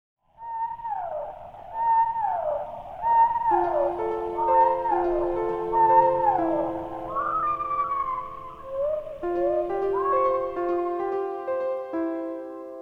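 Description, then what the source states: Whale vocalization: gliding moans that swoop down from high to lower pitch, repeating over sustained soft music tones that grow fuller later. Whale sounds mixed with calming music.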